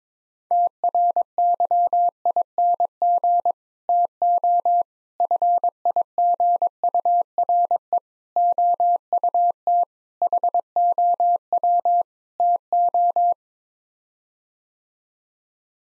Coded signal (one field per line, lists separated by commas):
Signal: Morse code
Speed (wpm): 22 wpm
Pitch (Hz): 700 Hz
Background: none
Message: TRYING TO FIGURE OUT HOW TO